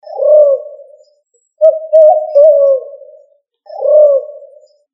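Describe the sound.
Pigeon giving low, mellow coos: a short falling coo, then a longer wavering one, then another short falling coo, with nothing else audible.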